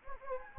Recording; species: mosquito wingbeat signal from an infrared sensor; Anopheles gambiae